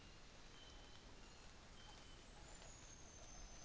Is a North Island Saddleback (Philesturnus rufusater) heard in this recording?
no